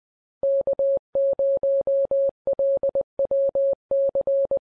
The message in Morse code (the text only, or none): K0LWC